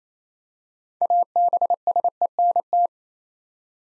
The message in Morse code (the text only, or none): ABSENT